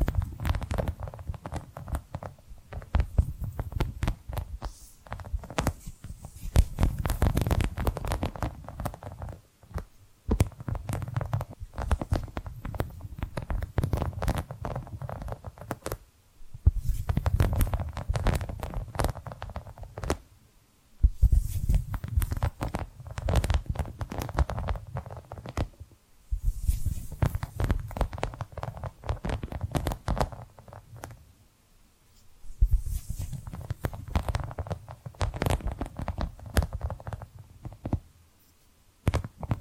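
Tapping and scratching sounds run in dense bursts of quick, irregular taps over a low, thudding rumble. The activity comes in stretches of several seconds, broken by short near-silent pauses around 10, 16, 21, 26, 32 and 38 seconds.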